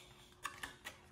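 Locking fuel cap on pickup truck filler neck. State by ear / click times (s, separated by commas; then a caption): partly seated / 0.5 s, 0.6 s, 0.9 s. A Duralast locking gas cap, part number 5791, is screwed onto the filler neck of a 2022 Toyota Tacoma pickup truck. Its ratchet gives three sharp clicks at 0.5, 0.6 and 0.9 seconds as it tightens. The cap sounds secured, but it is not actually locked.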